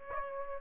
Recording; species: mosquito wingbeat signal from an infrared sensor; Aedes aegypti